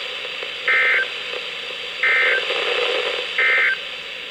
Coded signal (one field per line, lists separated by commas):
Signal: Emergency Alert System (SAME) tones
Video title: EAS #1104-#1120: IT BEGINS | KHB36, WXM42, WNG736, & KEC83